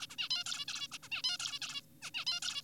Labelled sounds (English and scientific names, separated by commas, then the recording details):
Zebra Finch (Taeniopygia guttata)
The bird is an adult
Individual g4p5U